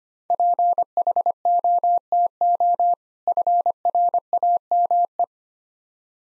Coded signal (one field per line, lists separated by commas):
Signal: Morse code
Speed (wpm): 27 wpm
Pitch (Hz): 700 Hz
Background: none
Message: PHOTO FRAME